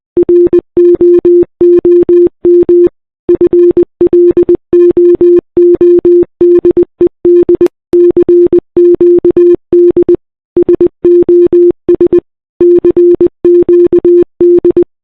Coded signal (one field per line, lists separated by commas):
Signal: Morse code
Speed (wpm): 20 wpm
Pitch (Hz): 350 Hz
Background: none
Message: ROOM FLOODED CQD SOS CQD